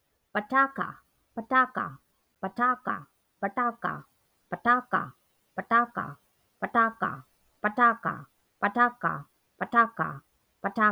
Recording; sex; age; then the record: repeated syllables /pa ta ka/; female; 40 to 49 years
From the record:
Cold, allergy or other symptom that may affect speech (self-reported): no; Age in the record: 45 years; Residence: New York, United States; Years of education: 17